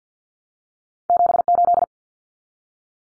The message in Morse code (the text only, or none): 78